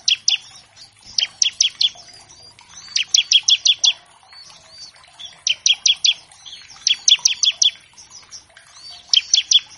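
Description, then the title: Bar-winged Prinia giving loud, clipped, high-pitched notes in tight bursts of several, with soft chirps between. Loud, chatty ciblek used as a master track to train captive songbirds of all kinds and prompt them to start singing quickly. "Masteran Ciblek Gacor Vs Kenari Gacor Untuk Masteran Semua Jenis Burung. Pancingan Ciblek bahan agar cepat bunyi. Burung Ciblek"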